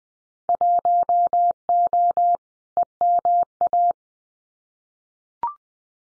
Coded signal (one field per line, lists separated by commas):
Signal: Morse code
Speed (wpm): 20 wpm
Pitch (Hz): 700 Hz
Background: none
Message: 1O EMA